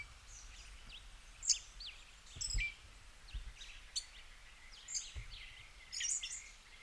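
Western red-legged thrush gives scattered sharp chirps and squeaky notes at uneven intervals, with a few low thuds and faint background hiss.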